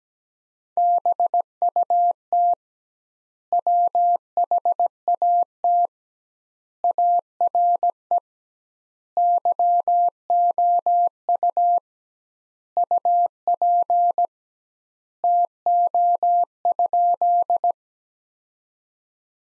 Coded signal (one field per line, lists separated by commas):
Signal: Morse code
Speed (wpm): 17 wpm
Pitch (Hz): 700 Hz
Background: none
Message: BUT WHAT ARE YOU UP TO?